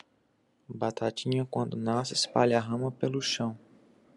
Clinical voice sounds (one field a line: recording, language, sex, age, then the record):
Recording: short text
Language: Brazilian Portuguese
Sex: male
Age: 30 to 39 years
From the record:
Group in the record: control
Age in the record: 30 years